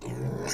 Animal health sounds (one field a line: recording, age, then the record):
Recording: pig call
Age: weaner (32 to 43 days)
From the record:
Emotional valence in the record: negative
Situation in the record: short isolation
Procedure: open field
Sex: female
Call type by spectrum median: low-frequency call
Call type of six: mixed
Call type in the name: high-frequency modulated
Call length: 0.54 s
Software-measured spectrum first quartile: 246 Hz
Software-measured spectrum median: 1030 Hz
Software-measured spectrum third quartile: 5153 Hz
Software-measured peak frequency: 143 Hz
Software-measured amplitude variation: 128 dB a second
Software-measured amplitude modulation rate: 22.3 a second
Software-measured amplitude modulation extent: 5.7 dB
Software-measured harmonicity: 0.3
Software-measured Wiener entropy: -4.43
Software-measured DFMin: 1309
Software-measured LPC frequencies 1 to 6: 373, 1828, 4145, 5165, 5691, 6706 Hz